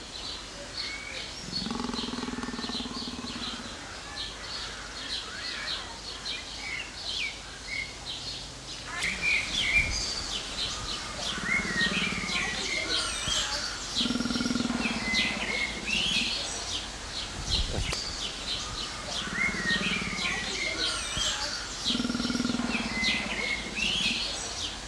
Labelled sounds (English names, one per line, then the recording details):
Jaguar call
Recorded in captivity
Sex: pair
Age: adult
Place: Zoo Berlin, Berlin, DE
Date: 2004-06-07 15:12
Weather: partly sunny, 25°C
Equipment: Sony WM-D6C, Sennheiser ME 80, Kopie Uher 4000 Report Monitor
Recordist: Tembrock, Günter